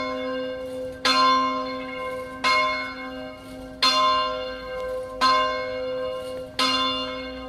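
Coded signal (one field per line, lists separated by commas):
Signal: clock strike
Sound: single church bell struck five times, about every 1.4 seconds, ringing on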